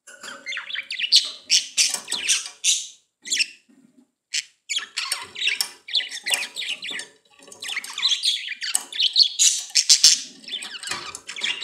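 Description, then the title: Budgerigar warbling, a nearly continuous stream of scratchy chirps, clicks and squeaky notes with only brief pauses. "Budgie Sounds"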